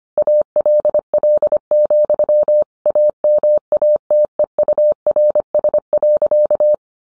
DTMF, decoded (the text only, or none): none